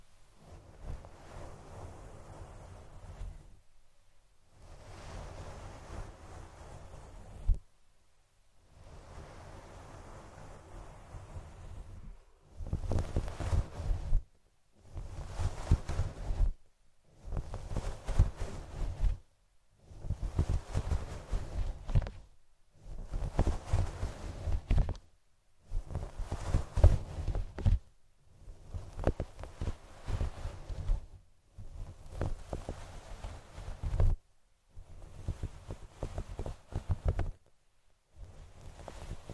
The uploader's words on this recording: Fluffy Mic TRIGGERS. Scalp Massage. No Talking.